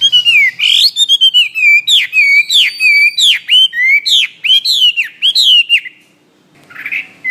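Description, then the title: Bird singing a fast run of sharp downslurred whistled notes, several each second, then a short pause and one final chirp. "SuaraBurung Kicau"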